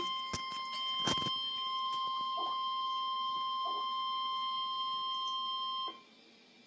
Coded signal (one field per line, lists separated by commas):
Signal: Emergency Alert System (SAME) tones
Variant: 1050 Hz attention tone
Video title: NOAA Weather Radio: Tornado Warning (EAS #41)